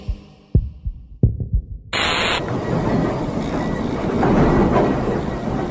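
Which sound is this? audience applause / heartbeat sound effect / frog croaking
heartbeat sound effect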